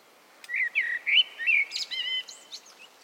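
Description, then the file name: Common blackbird gives a single song phrase: rich whistled notes that slide up and down, then finish in thin, high squeaks. "Turdus merula"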